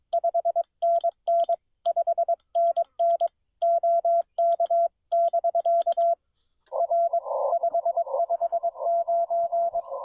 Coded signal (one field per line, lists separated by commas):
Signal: Morse code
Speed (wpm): 23 wpm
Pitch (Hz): 680 Hz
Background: radio noise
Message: 5NN 5NN OK <BK> R 559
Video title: CW POTA at Black Kettle National Grasslands